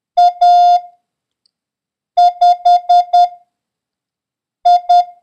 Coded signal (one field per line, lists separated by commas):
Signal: Morse code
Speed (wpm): 10 wpm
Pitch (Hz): 710 Hz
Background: none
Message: A5I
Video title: International Morse Code: Lesson 2